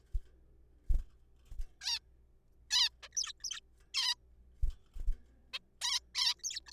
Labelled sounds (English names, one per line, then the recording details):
Zebra Finch
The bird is a juvenile
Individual R3428